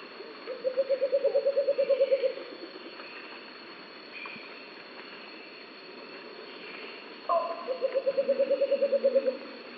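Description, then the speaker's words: Negros Bleeding-heart song, a rapid series of low pulsed notes lasting under two seconds, given twice, over a steady high hum. Critically endangered species of the Philippines. "Here's the song of this endangered species."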